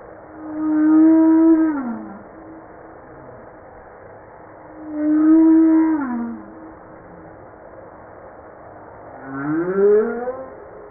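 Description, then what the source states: Humpback whale song: three harmonic moans about every four seconds, the first two held then falling, the last sweeping upward. Recorded 5 March 1994.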